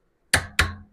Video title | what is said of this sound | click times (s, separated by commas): How To Measure Connecting Rod Bearing Clearance #howto | Hear that click. | 0.3 s, 0.6 s